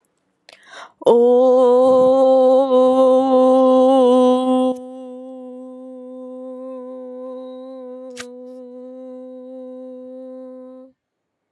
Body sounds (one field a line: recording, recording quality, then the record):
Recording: sustained vowel as in boot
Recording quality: excellent, no background noise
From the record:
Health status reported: exposed to COVID-19, no respiratory illness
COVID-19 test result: negative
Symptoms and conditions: none ticked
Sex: female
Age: 23 years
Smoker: not ticked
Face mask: not worn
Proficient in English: yes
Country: India